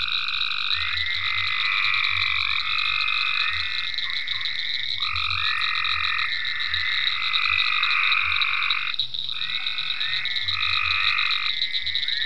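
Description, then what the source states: Frogs calling in long buzzy trills that stop and restart every few seconds, with low croaks pulsing underneath a steady high hum. Frogs in ponds at Venaura farm, recorded 27 May 2010.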